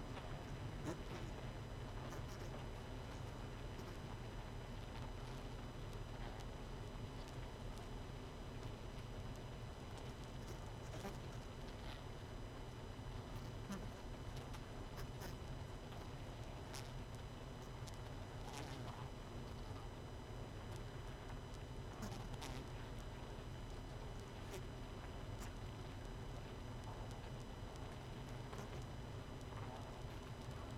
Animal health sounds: honeybee colony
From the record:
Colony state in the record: missing queen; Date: 31 May 2018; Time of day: 21:50

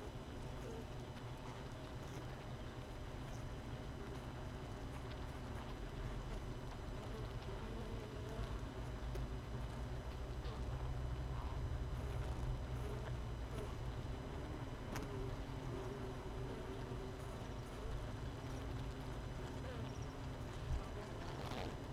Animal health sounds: honeybee colony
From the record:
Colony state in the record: missing queen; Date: 31 May 2018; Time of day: 6:28

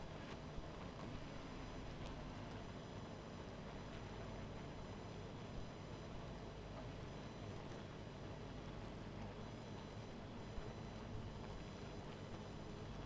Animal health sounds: honeybee colony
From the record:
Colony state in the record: missing queen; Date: 14 July 2017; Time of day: 19:51

